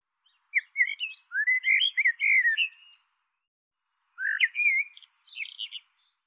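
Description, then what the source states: Bird giving two bursts of quick chirped and whistled notes, slurred up and down, with a short pause between phrases; no other sounds. Call labelled "Tu Me Tu Me".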